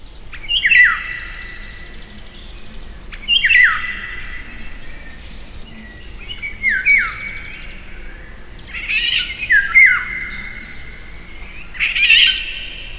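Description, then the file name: Eurasian golden oriole harsh calls: several cat-like, squawking screeches that drop sharply in pitch, given about every two to three seconds over a quiet background. "Wilga"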